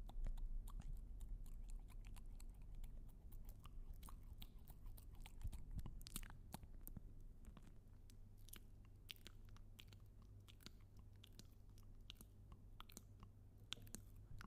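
Mouth sounds: wet clicks, smacks and crunchy chewing bites come in a quick, irregular stream throughout. A steady low hum sits underneath, and the activity thins slightly after the midpoint.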